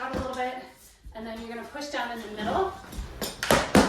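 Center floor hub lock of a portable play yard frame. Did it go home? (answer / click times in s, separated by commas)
yes / 3.4 s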